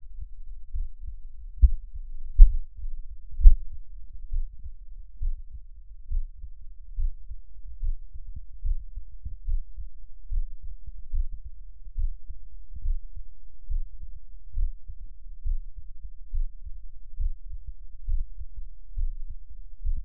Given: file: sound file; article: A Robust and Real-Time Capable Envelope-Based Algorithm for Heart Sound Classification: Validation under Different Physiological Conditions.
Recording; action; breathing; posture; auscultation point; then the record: heart sounds by electronic stethoscope; rest; normal; sitting; Erb’s point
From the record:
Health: healthy, no known heart disease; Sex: male